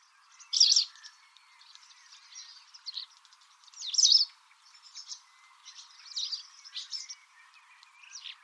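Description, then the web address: White wagtail giving sharp chirped calls. Two loud bursts come near the start and midway, with softer twittering notes scattered between them. "cianscape birddata Deverinetal 2025"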